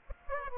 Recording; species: mosquito wingbeat signal from an infrared sensor; Aedes aegypti